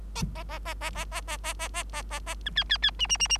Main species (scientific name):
Lonchura striata domestica